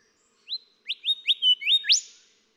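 Golden whistler song: a clear phrase of several rising whistled notes, ending in a loud whipcrack-like upslurred final note.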